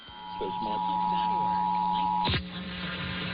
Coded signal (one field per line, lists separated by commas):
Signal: Emergency Alert System (SAME) tones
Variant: 853 and 960 Hz attention tone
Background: speech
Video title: [EAS #2025-#2029] The First San Diego Monthly Tests & KPWR Weekly Test for 2023